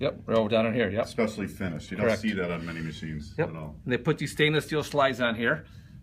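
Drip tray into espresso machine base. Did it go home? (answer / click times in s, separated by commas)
no / none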